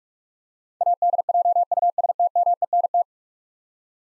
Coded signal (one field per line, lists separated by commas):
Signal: Morse code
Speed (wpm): 46 wpm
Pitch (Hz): 700 Hz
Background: none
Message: ADJUSTMENT